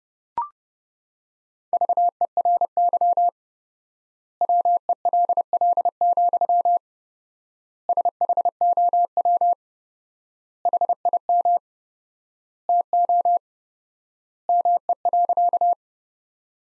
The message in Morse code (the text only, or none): VERY WELL, SHOW HIM TO ME.